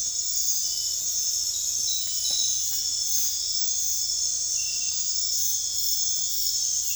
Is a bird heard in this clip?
no